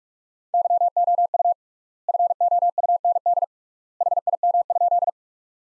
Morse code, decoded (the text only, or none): YOU FOUND HIM?